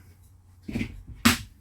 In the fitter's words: that locks into place